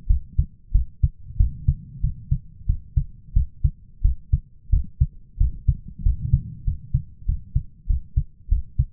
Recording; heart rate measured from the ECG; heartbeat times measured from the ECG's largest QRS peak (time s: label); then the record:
heart sounds by stethoscope; 93 bpm
0.07 s: heartbeat
0.72 s: heartbeat
1.37 s: heartbeat
2.01 s: heartbeat
2.66 s: heartbeat
3.33 s: heartbeat
4.02 s: heartbeat
4.70 s: heartbeat
5.38 s: heartbeat
6.03 s: heartbeat
6.64 s: heartbeat
7.26 s: heartbeat
7.87 s: heartbeat
8.49 s: heartbeat
From the record:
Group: healthy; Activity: rest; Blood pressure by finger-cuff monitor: 146/106 mmHg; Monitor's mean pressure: 119 mmHg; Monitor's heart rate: 92 bpm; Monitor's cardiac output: 7.4 L/min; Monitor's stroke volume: 82 mL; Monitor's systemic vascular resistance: 1180 dyn s/cm5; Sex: male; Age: 23 years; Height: 179 cm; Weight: 87 kg